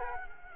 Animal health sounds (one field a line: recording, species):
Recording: mosquito wingbeat signal from an infrared sensor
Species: Culex quinquefasciatus